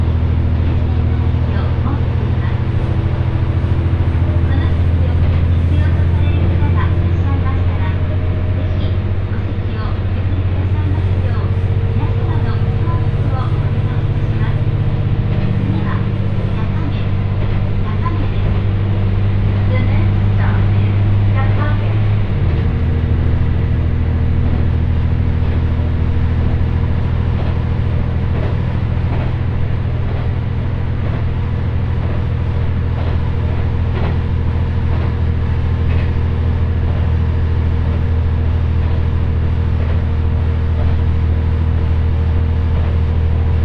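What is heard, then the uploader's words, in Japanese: A railway ride on the Ihara Railway: a steady low engine drone that shifts pitch around 22 seconds, with faint clicks and occasional voices. 耳で楽しむ鉄道旅 井原鉄道 早雲の里荏原→総社。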